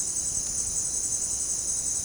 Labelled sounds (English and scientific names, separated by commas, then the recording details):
none
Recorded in dense forest near Puerto Asís, Putumayo, Colombia, on 25 June 2025 at 17:00
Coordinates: 0.499, -76.324
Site G100